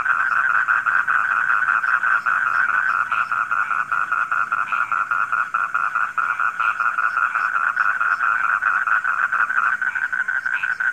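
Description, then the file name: Frogs croaking together in quick, grating pulses that run unbroken at an even pitch. Frogs calling at night. "suara kodok di malam hari"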